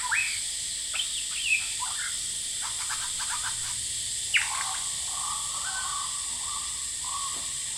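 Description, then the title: Superb lyrebird song mixing sharp downslurred whistles, rapid clicking notes and lower warbling phrases, with a bright constant hiss of cicadas throughout. Male, calling very actively outside a window, Horsfield Bay, New South Wales, Australia, 23 January 2017; loud cicadas present; recording noise-reduced. "Lyrebird - Horsfield Bay NSW, Jan 23 2017"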